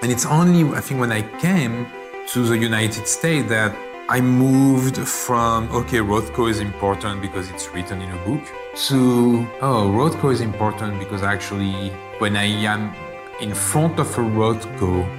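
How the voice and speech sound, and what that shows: A man, a museum director in Los Angeles, speaks fluently in accented English at a steady conversational pace, with brief pauses and a drawn-out filler "so" while restarting a sentence about a painter. Voice quality is clear and steady; this is ordinary connected speech with no disorder evident.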